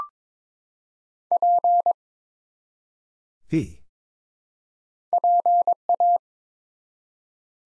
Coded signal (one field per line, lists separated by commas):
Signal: Morse code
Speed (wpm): 23 wpm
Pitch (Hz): 700 Hz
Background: none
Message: P PA